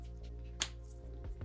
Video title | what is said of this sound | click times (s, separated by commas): Building the 1/25 Scale "Stranger Things" WSQK Squawk Van Part 2: Chassis, Interior, & Body Work | it's not seated properly. | 0.6 s